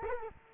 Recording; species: mosquito wingbeat signal from an infrared sensor; Culex quinquefasciatus